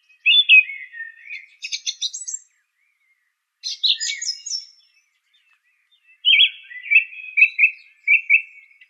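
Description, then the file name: Song thrush singing: scratchy and whistled phrases, then a short note repeated several times in a steady run; clean background. "suara kicauan burung song thrush. omkicau"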